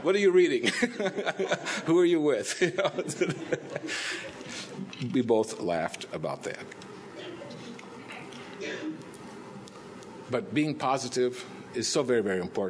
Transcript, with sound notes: What are you reading? Who are you with?" (Laughter) We both laughed about that. But being positive is so very, very important.